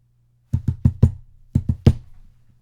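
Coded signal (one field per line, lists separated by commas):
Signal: talking drum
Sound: seven low resonant drum strokes in two phrases, four then three, like spoken syllables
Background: small room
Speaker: we call them talking drums because when someone is talking so they'll say something like this hello I am here today how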